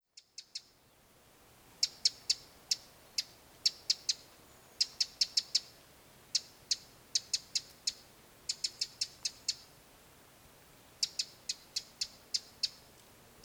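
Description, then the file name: Eurasian wren calling with hard, clicking ticks, delivered in quick bursts of several notes separated by brief gaps, over a quiet background. "Troglodytes troglodytes"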